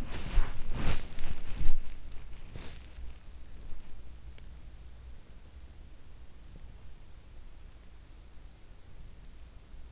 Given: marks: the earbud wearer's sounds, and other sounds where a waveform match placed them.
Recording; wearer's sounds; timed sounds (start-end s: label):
sounds in sleep by an in-ear microphone; body movement
0.00-2.68 s: body movement